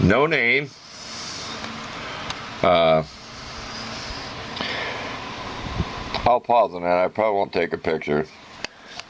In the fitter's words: see what this one looks like it does have a nice click but I can get it open here